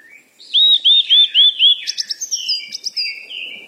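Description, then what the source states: Bird song: five rapid, even, arched whistles, then a buzzy, chattering warble that trails off. Birds chirping.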